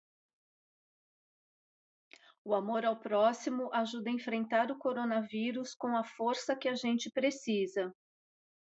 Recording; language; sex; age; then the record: spoken sentence; Brazilian Portuguese; female; 50 to 59 years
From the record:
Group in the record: control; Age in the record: 55 years